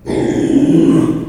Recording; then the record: squeal of a Yucatan mini pig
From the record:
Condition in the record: after surgery on the right vocal fold (resection and tissue-engineered implant); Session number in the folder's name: 2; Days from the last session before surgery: 13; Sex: male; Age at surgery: 12 weeks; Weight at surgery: 13 kg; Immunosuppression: cyclosporine, prednisolone